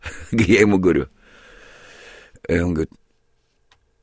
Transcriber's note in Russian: Смеется